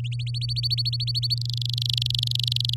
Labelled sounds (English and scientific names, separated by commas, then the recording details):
Domestic Canary (Serinus canaria) song
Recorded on 10 May 2018 at 07:10
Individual llb16